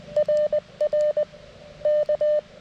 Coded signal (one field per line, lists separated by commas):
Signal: Morse code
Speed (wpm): 17 wpm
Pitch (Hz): 600 Hz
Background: none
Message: RR K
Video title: CW POTA at Oakely Corners State Forest with the CFT-1